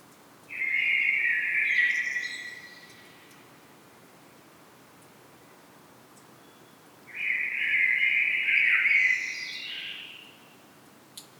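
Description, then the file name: Common blackbird giving two rich warbling phrases, each about three seconds long, with roughly four seconds of quiet between them. "Turdus merula"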